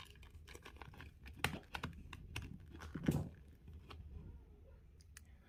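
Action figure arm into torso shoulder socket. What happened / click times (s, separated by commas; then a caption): The plastic arms snapped into the shoulder sockets / 1.4 s, 2.4 s. Plastic arms of a McFarlane Toys DC Multiverse Dark Nights Death Metal build-a-figure, which come with Superman, are pushed into the torso's shoulder sockets amid soft plastic handling rustles. Sharp snaps at 1.5 s and 2.4 s mark the arms seating, and they were the only part of the figure that felt secure.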